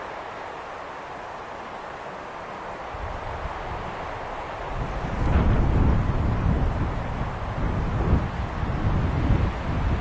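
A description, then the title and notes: Wind whistles across a high mountain lookout, a steady airy hiss spread through the mid and upper range. Around the halfway point the gusts strengthen, adding heavy low buffeting against the microphone that rumbles in uneven surges until the end. Standing on a high place overlooking the fairyland of Xuefeng, listening to the whistling wind.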